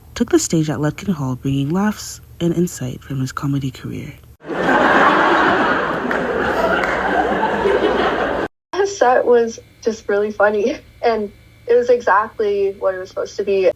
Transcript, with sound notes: took the stage at Lutkin Hall bringing laughs and insight from his comedy career.
[Laughter from the audience at the spring speaker event] His set was just really funny and it was exactly what it was supposed to be.